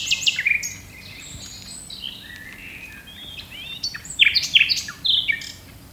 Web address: birdsongs nightingale song 1